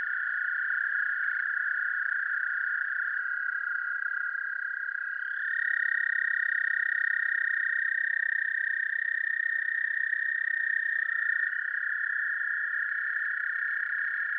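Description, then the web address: American toads trilling in chorus, long level trills overlapping, one voice dropping out and another starting slightly higher around the middle. "Solitudes Frog Song. American Toad"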